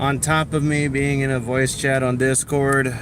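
A phone, likely being fitted into its holder or mount, is handled while someone talks steadily throughout the clip. No sharp hits stand out, and nothing has seated or clicked into place yet.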